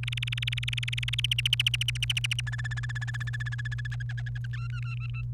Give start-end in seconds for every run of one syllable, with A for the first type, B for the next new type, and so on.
0.03-1.20 A, 1.24-2.40 B, 2.47-3.87 C, 3.91-4.46 D, 4.53-5.22 E